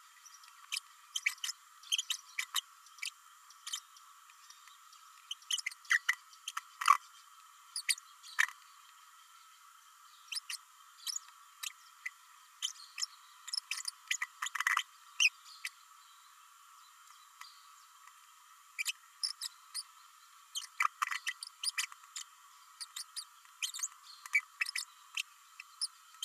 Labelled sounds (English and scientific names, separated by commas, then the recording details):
Green-rumped Parrotlet (Forpus passerinus) babbling
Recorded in a nest box in Venezuela
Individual 18B104A3